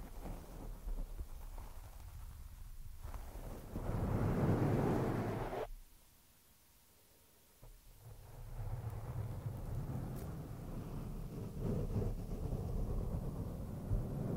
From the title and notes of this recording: ASMR PURE SCRATCHING ON THE MICROPHONE NO TALKING.